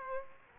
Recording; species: mosquito wingbeat signal from an infrared sensor; Aedes aegypti